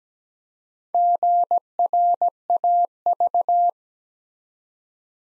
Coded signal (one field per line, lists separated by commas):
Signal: Morse code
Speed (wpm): 17 wpm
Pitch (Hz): 700 Hz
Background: none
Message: GRAV